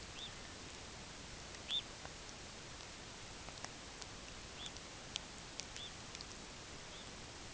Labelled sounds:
Red Phalarope (Phalaropus fulicarius)
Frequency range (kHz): Red Phalarope (Phalaropus fulicarius) 1.6-5.2 kHz
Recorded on Arctic tundra, site UTQI-8, on 15 June 2019
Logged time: 22:00

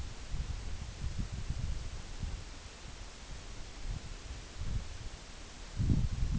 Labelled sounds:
none
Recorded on Arctic tundra, site UTQI-8, on 9 June 2019
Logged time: 18:00

